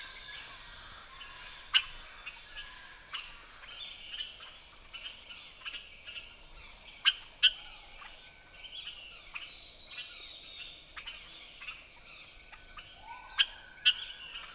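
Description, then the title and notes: Amphibian chorus of scattered sharp clicks and short chirps, some louder ones standing out, over a continuous high-pitched insect whine. Unidentified amphibians calling from the ground as rain approaches, hundreds or thousands of them, Chemin des grands arbres, Saül, French Guiana, 16 November 2006; Nagra Ares-BB+ with cardioid MKH40 microphones. "ECLAIRS D'AMPHIBIENS. 16 novembre 2006-Chemin des grands arbres - Saül - Guyane. ces amphibiens qui chantent au sol en sentant arriver la pluie"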